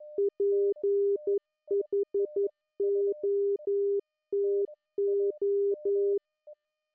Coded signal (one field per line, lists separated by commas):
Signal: Morse code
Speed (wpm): 11 wpm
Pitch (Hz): 400 Hz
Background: music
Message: PHOTO